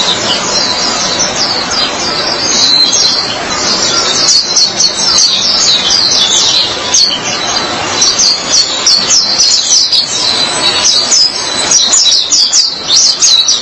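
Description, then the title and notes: White-eye song: long unbroken bursts of shrill, high twittering and trilling, lively and rapid, over a light hiss. Chirping song. "Suara kicauan burung pleci"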